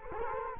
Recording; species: mosquito wingbeat signal from an infrared sensor; Culex quinquefasciatus